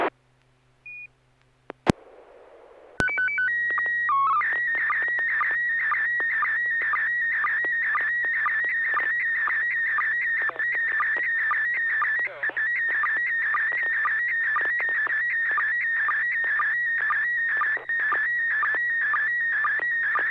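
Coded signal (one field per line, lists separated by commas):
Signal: SSTV (slow-scan television)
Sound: brief hiss burst, stepped header tones, then a warbling whistle with steady rhythmic ticks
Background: radio static, low hum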